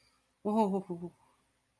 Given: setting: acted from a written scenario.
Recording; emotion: vocal sound without words; fear